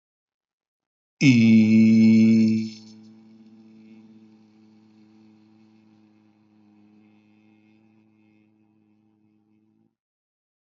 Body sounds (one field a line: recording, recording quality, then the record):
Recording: sustained vowel as in beet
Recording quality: excellent, no background noise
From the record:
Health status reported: healthy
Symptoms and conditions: hypertension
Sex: male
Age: 51 years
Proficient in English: yes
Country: India